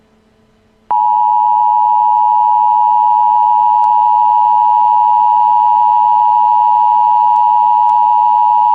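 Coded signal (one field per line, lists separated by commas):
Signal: Emergency Alert System (SAME) tones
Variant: 853 and 960 Hz attention tone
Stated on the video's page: Simulated Emergency Action Notification, a mock alert.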